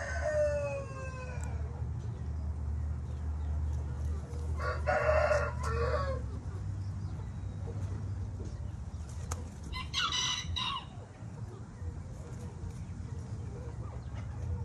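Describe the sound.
Cubalaya chicken: cubalaya rooster crowing three times, a falling tail first, then two harsh, drawn-out crows several seconds apart, over a constant low hum.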